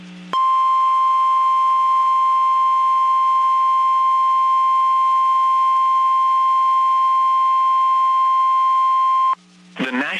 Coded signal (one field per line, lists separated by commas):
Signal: Emergency Alert System (SAME) tones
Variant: 1050 Hz attention tone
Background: speech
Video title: Severe Weather Alerts for Central Texas (EAS 1355-1359)